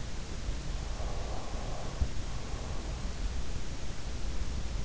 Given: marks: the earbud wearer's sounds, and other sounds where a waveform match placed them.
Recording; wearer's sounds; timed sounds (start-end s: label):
sounds in sleep by an in-ear microphone; breath
0.47-3.73 s: breath